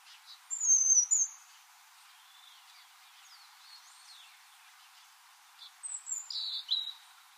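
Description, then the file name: European robin giving thin, very high, sweet notes and trills in two short phrases separated by a quiet gap with faint twittering. "Erithacus rubecula"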